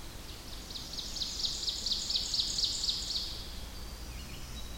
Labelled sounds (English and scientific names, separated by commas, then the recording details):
Ovenbird (Seiurus aurocapilla) song
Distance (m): 45 m
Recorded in boreal forest in Alberta, Canada, on 21 June 2016 at 06:16
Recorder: SongMeter 3, array SBT-6-81
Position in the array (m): 6 m, 86 m
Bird 24